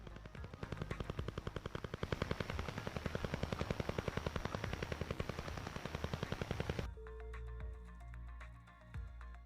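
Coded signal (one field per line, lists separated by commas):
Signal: radar signal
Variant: Russian Woodpecker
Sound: sharp rapid tapping, about ten clicks per second, like a machine gun or woodpecker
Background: radio static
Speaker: hablemos ahora del conocido como pájaro carpintero ruso. Entre 1976 y 1989, muchos radioescuchas reportaban un repiqueteo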